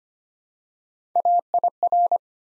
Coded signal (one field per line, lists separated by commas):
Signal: Morse code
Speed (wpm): 25 wpm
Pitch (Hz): 700 Hz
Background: none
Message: AIR